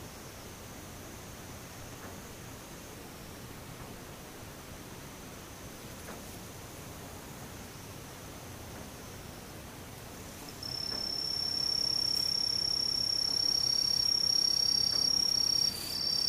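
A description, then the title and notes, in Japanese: Insects by day: a steady, even hiss fills the whole clip with a faint high thin tone running through it. Around ten seconds a much louder, piercing high buzzing insect call starts and holds steady to the end, briefly dipping near sixteen seconds. ムシ昼。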